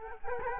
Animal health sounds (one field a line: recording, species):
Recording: mosquito wingbeat signal from an infrared sensor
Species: Culex quinquefasciatus